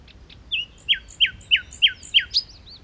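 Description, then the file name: Common nightingale singing a phrase of six sharp, down-slurred whistled notes about three a second, ending in a higher note, with faint high chirps above. "Luscinia megarhynchos"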